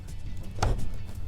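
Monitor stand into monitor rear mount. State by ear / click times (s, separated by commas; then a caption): not seated / none. A monitor stand is being handled against the rear mounting bracket of a large ROG Swift PG49WCD monitor, with low handling rumble and a brief knock near 0.6 s. Nothing has seated or clicked yet; the clip ends before the latch snaps home.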